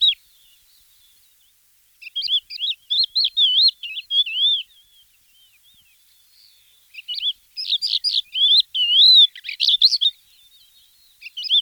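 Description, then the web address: Crested lark singing two main phrases of fluid whistled and twittering notes with rising-falling slurs, split by a pause of about two and a half seconds, with brief fragments at the very start and end; no other sounds. Song, recorded in 2004. "gesang. roche. haubenlerche"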